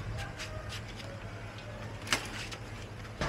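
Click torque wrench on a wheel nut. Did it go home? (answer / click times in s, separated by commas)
yes / 2.1 s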